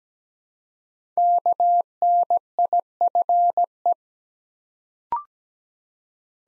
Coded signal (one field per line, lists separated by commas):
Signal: Morse code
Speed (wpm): 17 wpm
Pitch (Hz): 700 Hz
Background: none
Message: KNIFE